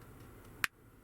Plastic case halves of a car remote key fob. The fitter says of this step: you'll hear it pop when you get it